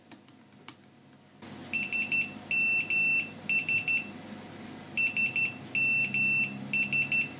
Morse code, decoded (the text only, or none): SMS SMS